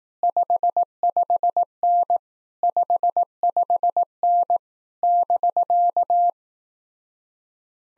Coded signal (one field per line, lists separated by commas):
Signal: Morse code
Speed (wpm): 18 wpm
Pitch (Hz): 700 Hz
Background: none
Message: 55N 55N <BK>